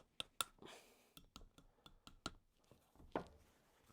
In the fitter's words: should snap into place like that and I'm sure there's probably an easier way to do that but